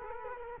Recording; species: mosquito wingbeat signal from an infrared sensor; Culex quinquefasciatus